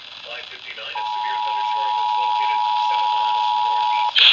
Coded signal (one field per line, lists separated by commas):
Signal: Emergency Alert System (SAME) tones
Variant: 853 and 960 Hz attention tone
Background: speech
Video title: THUNDERSTORMS AGAIN... EAS Alerts from 3/21/24 (EAS#830 - #870)